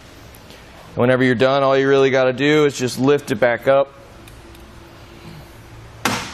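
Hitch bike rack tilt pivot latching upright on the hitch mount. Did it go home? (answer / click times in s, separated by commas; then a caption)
yes / 6.1 s. A Kuat NV 2.0 Base hitch bike rack for two bikes, mounted on a 2019 Dodge Grand Caravan and tilted down for rear hatch access, is lifted back up. Someone talks from about 1.0 to 3.9 seconds, then it is quiet apart from faint low hum. At 6.1 s a sharp loud snap sounds as the metal pivot latch locks the rack upright on the hitch mount, seating it securely.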